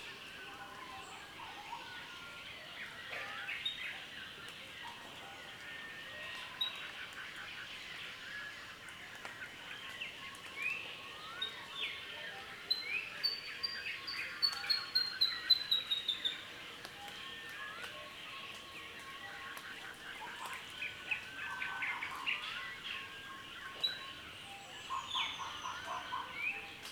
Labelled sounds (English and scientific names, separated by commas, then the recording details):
Olive Sunbird (Cyanomitra olivacea)
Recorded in Kibale, Uganda